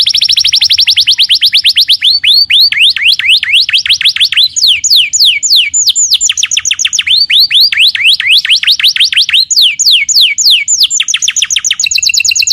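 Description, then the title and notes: Canary song, loud and continuous, running through rapid trills of sweeping notes that change pattern every second or two. Long-duration lure and tutoring song for young canaries. "Pancingan Kenari Muda. masteran kenari"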